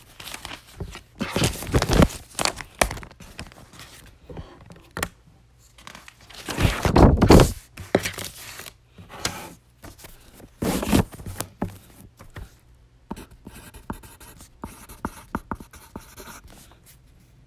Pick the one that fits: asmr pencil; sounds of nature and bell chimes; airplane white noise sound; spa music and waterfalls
asmr pencil